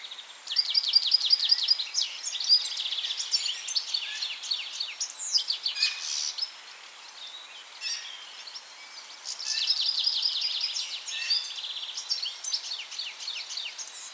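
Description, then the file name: European goldfinch twittering: rapid series of bright, repeated high notes in quick bursts, mixed with chattery chirps, pausing briefly midway before another fast burst. "Carduelis carduelis"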